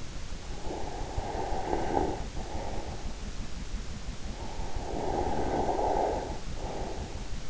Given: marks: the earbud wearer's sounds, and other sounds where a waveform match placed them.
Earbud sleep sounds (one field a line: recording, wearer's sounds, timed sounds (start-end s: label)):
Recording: sounds in sleep by an in-ear microphone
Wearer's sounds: snoring breath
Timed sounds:
0.64-3.03 s: snoring breath
4.57-7.24 s: snoring breath